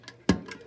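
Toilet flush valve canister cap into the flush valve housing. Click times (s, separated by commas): 0.3 s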